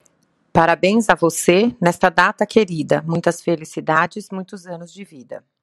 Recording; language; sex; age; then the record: short text; Brazilian Portuguese; female; 30 to 39 years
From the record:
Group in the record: control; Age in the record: 37 years